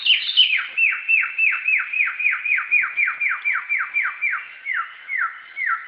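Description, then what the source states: Samyong bird song: a steady run of about twenty clear downslurred whistles, slowing slightly and dropping a little in pitch near the end. Samyong bird calling in a forest.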